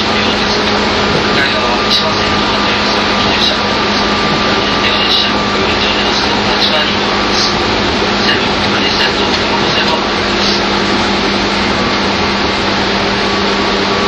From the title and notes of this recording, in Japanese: 一昔前まで中央線東京口の主役だった201系、優等運用となる中央特快を収録したものです。201系 中央特快 01/01: 東京～高尾。